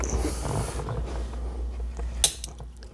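A stiff red plastic locking tab on a mated car wiring harness connector, during installation of an Android head unit in a C7 Audi, is pressed down with faint handling and rustling noise underneath. The tab snaps home with a sharp click at 2.2 s, followed by a softer tap, and the tab is locked in place.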